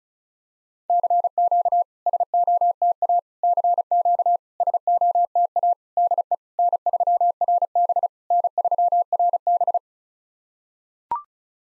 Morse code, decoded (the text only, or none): CQ SOTA CQ SOTA DE N3RB N3RB